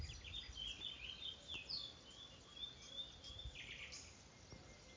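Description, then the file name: Common nightingale singing a continuous stream of varied high whistles, chirps and short trills over faint background hiss. "Luscinia megarhynchos"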